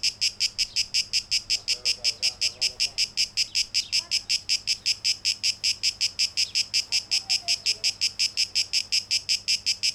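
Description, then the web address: Cicada buzzing in fast, very regular pulses, high and harsh, while faint lower chirping notes of another creature appear now and then. Recorded 12 August 2023; tape echo mix. "rauschpartikel Audio 2023-08-12 Zikaden (Tape Echo Mix)"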